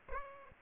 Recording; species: mosquito wingbeat signal from an infrared sensor; Aedes aegypti